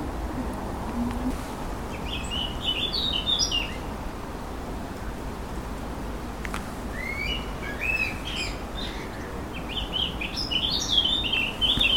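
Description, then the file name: Eurasian blackcap delivering three short, scratchy warbling bursts spaced a few seconds apart against loud, steady low-pitched background noise. "Sylvia atricapilla"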